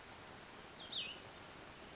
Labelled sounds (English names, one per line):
Cassin's Vireo